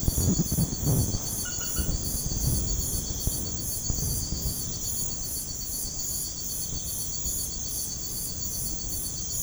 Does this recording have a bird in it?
no